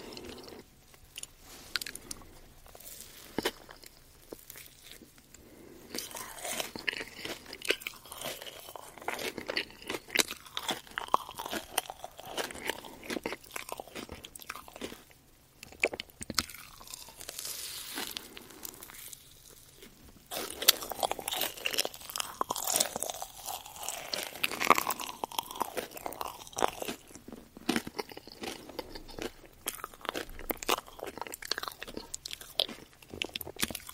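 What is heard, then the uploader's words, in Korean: Jelly and marshmallow eating sounds: dense, irregular crunching and wet chewing, busiest after six and twenty seconds, with brief quieter pauses. 달콤함 가득 젤리 & 마쉬멜로우 이팅 사운드.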